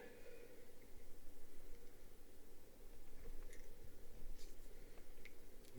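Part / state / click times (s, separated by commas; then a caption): airsoft grenade shell pinion twisted into its lock / seated / 5.2 s. An Airsoft Innovations Tornado 2 airsoft grenade shell has its pinion slid into the pin hole, and its plastic and metal parts are twisted together over quiet, low handling noise. A short, sharp click at 5.3 s marks the shell twist-locking, and the pinion is seated.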